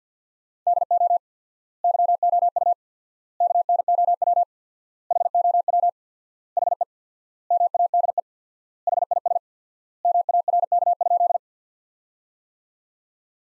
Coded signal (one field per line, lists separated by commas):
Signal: Morse code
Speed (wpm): 51 wpm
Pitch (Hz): 700 Hz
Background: none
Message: DO YOU KNOW HOW HE MADE HIS MARK?